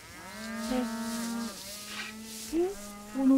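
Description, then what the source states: Domestic calf moos: a long, steady harmonic call, then two shorter, higher calls, the first rising. Escaped calves on a neighbour's pasture being sent back.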